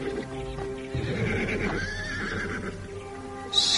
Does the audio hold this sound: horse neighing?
yes